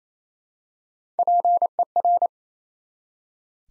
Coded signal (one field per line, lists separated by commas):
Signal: Morse code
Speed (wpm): 27 wpm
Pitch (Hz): 700 Hz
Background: none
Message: PER